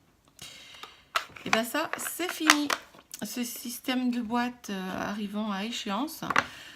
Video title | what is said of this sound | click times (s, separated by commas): ancien encreur vs nouvel encreur | faire glisser jusqu'aux clic et | 1.2 s